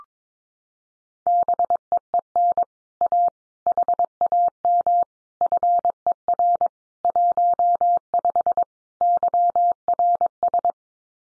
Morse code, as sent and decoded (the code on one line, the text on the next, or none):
-... . . -. / .- / .... .- -- / ..-. . .-. / .---- ..... / -.-- .-. ...
BEEN A HAM FER 15 YRS